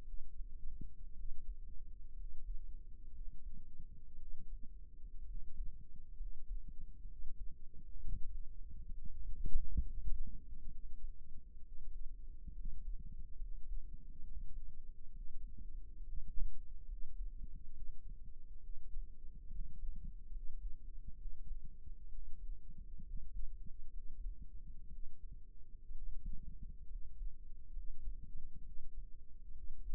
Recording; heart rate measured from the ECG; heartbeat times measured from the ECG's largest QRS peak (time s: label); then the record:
heart sounds by microphone in the right ear; 65 bpm
0.04 s: heartbeat
1.14 s: heartbeat
2.14 s: heartbeat
3.11 s: heartbeat
4.17 s: heartbeat
5.25 s: heartbeat
6.16 s: heartbeat
7.05 s: heartbeat
7.99 s: heartbeat
8.92 s: heartbeat
9.79 s: heartbeat
10.68 s: heartbeat
11.60 s: heartbeat
12.53 s: heartbeat
13.37 s: heartbeat
14.22 s: heartbeat
15.12 s: heartbeat
16.03 s: heartbeat
16.87 s: heartbeat
17.72 s: heartbeat
18.60 s: heartbeat
19.49 s: heartbeat
20.31 s: heartbeat
21.16 s: heartbeat
22.08 s: heartbeat
23.03 s: heartbeat
23.91 s: heartbeat
24.89 s: heartbeat
25.92 s: heartbeat
26.86 s: heartbeat
27.72 s: heartbeat
28.62 s: heartbeat
29.52 s: heartbeat
From the record:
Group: healthy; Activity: cold pressor test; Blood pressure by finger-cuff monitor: 107/66 mmHg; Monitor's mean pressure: 80 mmHg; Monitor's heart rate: 65 bpm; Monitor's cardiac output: 6 L/min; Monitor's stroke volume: 91 mL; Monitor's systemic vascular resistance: 960 dyn s/cm5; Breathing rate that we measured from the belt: 17 breaths a minute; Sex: male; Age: 22 years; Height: 181 cm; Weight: 79 kg